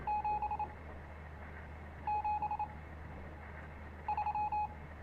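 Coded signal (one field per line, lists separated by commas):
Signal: Morse code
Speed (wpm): 27 wpm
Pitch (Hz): 840 Hz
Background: none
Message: 773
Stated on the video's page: Morse code in a game.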